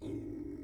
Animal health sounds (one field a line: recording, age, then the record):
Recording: pig call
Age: weaner (32 to 43 days)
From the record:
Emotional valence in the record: positive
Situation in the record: positive conditioning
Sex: female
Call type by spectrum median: low-frequency call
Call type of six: low-frequency stable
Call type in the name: low-frequency stable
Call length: 0.64 s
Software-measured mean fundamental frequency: 55 Hz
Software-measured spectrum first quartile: 192 Hz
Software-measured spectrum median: 292 Hz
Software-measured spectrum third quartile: 360 Hz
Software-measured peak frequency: 303 Hz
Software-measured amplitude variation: 173 dB a second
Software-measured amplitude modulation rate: 31.3 a second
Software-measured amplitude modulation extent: 5.5 dB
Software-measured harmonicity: 5.0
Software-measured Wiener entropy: 0.16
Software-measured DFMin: 958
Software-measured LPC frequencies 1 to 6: 327, 2151, 3716, 5603, 6781, 7923 Hz